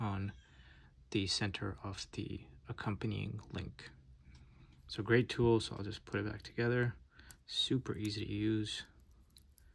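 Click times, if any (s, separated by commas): 9.4 s, 9.6 s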